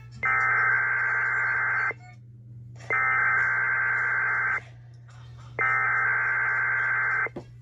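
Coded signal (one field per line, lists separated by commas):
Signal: Emergency Alert System (SAME) tones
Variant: header bursts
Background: speech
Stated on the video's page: Weekly tests.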